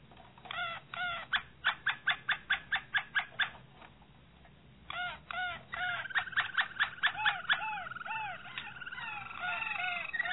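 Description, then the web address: Canary (Harz Roller): canary song opening with a series of separate rhythmic hooked notes, pausing, then resuming into faster notes and a rolling trill. Harz Roller canary breed. "~joaopt canarios racas canto harzerv"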